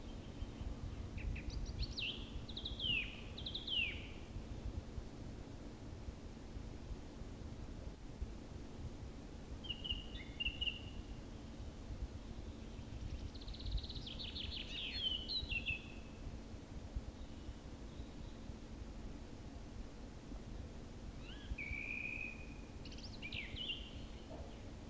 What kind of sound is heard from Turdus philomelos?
song